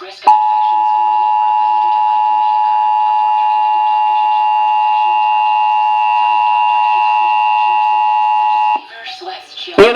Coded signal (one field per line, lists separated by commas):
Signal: Emergency Alert System (SAME) tones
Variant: 853 and 960 Hz attention tone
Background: speech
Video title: SEVERE RISK... EAS Alerts From 6/3/24 (EAS#1,495 - #1,499)